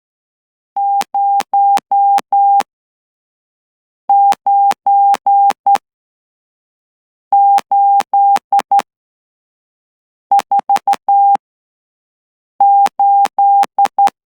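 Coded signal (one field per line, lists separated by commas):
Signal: Morse code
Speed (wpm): 12 wpm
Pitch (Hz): 800 Hz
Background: none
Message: 09848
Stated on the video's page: 12 WPM straight key sending practice for an amateur Morse exam, letters and numbers in 15 groups, using DAFCON SK-600 and another straight key through a CW player interface.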